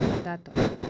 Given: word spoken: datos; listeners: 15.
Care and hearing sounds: one Spanish word in noise, from a listening test; noise modulated by one talker; -9.4 dB; 3 of 15; 9 of 15; 0.50 s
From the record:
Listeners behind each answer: 9, 3, 3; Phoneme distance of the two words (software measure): 7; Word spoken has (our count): 2 syllables, 5 phonemes, stress on syllable 1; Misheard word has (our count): 2 syllables, 4 phonemes, stress on syllable 1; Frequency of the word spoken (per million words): 183.55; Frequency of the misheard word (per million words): 30.63

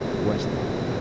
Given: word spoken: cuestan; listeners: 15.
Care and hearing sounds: one Spanish word in noise, from a listening test; speech-shaped noise; -5.4 dB; 0 of 15; 8 of 15; 0.61 s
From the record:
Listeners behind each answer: 8, 2, 1, 1, 1, 1, 1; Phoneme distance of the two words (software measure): 7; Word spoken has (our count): 2 syllables, 7 phonemes, stress on syllable 1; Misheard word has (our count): 2 syllables, 6 phonemes, stress on syllable 1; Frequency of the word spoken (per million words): 3.02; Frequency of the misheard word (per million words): 40.05

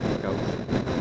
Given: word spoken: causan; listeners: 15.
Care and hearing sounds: one Spanish word in noise, from a listening test; noise modulated by three-talker babble; -7.6 dB; 0 of 15; 12 of 15; 0.61 s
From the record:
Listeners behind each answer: 12, 1, 1, 1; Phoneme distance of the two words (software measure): 7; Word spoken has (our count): 2 syllables, 6 phonemes, stress on syllable 1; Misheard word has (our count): 2 syllables, 5 phonemes, stress on syllable 1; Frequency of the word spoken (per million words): 6.22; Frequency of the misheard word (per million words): 152.61

